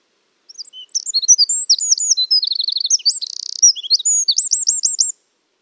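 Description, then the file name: Eurasian wren singing a fast, shrill tumble of notes that runs into a dry rattling trill, ending in a rapid series of looping chirps. "Troglodytes troglodytes"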